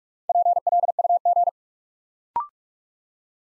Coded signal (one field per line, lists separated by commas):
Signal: Morse code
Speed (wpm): 44 wpm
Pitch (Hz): 700 Hz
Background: none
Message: PLUG